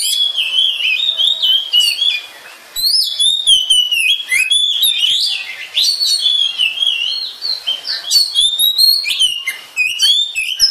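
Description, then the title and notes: Oriental magpie-robin pouring out a near-continuous, melodious warble of whistled slurs and quick chirps, with a short pause early on. "suara kacer. kumpulan suara burung kacer"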